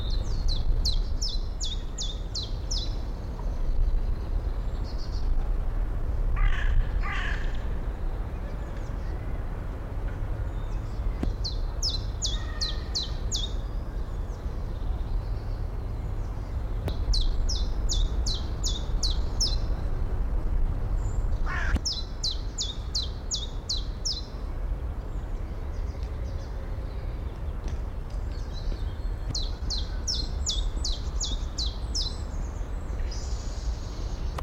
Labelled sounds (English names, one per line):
Common Chiffchaff